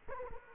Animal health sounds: mosquito wingbeat signal from an infrared sensor; Culex quinquefasciatus

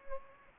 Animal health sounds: mosquito wingbeat signal from an infrared sensor; Anopheles gambiae

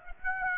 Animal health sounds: mosquito wingbeat signal from an infrared sensor; Aedes aegypti

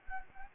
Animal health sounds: mosquito wingbeat signal from an infrared sensor; Anopheles arabiensis

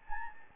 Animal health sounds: mosquito wingbeat signal from an infrared sensor; Anopheles gambiae

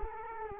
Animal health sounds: mosquito wingbeat signal from an infrared sensor; Culex quinquefasciatus

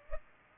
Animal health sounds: mosquito wingbeat signal from an infrared sensor; Culex pipiens

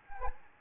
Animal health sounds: mosquito wingbeat signal from an infrared sensor; Anopheles gambiae

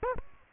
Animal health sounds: mosquito wingbeat signal from an infrared sensor; Aedes aegypti

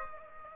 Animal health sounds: mosquito wingbeat signal from an infrared sensor; Aedes aegypti

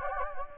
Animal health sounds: mosquito wingbeat signal from an infrared sensor; Anopheles gambiae

